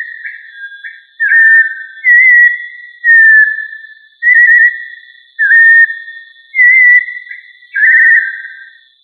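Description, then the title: Thrush song: clear whistled phrases, some rising or falling, repeated about once a second with short pauses, over a faint steady high hum. Family Turdidae; called sabiá. "Familia Turdidae - Sabia"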